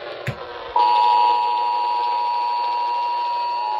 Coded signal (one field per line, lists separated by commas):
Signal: Emergency Alert System (SAME) tones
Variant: 853 and 960 Hz attention tone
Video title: OCTOBER 2024 REQUIRED MONTHLY TEST - TEXAS (REAL EAS#4233-4235)